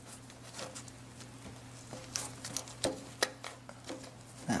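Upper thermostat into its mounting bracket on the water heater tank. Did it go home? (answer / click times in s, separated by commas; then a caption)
no / none. A new upper thermostat is pressed into its spring clip bracket against an electric water heater tank, the bracket tab slightly bent. Over a steady low hum, a few short, sharp knocks and rattles come between about 2.2 and 3.5 seconds. The thermostat does not click into place and sits on the bracket without seating.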